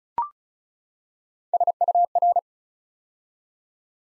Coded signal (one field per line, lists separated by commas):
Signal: Morse code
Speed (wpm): 36 wpm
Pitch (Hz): 700 Hz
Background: none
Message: SUR